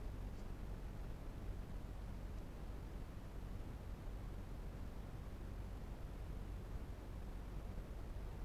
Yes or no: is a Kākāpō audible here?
no